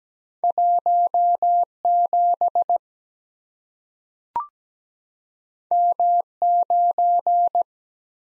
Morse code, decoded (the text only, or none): 1 7 M 9